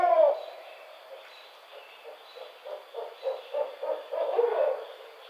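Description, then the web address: Barred owl giving a run of soft, low hoots that build in a quick, uneven series, starting after a brief falling note. Recorded on 25 May 2009. "Barred Owl 2009 05 25"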